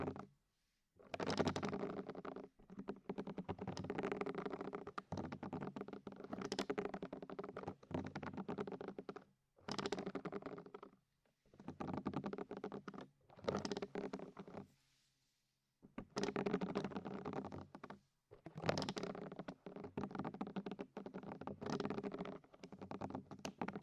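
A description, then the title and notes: A deep ear massage: dense, crackling rubbing and rustling in bursts of a second to several seconds, separated by brief pauses of near silence. The texture is full and scratchy, with a low muffled thud under it and quick tapping clicks throughout. ASMR Sleep With Deep Ear Massage (No Talking).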